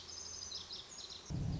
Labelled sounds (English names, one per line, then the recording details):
Lazuli Bunting
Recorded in Sonoma County, California